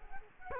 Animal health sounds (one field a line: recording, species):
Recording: mosquito wingbeat signal from an infrared sensor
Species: Culex quinquefasciatus